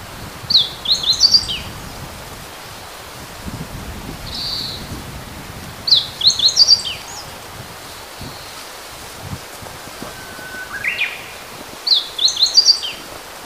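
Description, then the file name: Meadow bunting song: three short bright phrases of quick high chirping notes, repeated about every six seconds, with a faint rustling background and one brief lower note between. Recorded 23 April 2010. "hojiro"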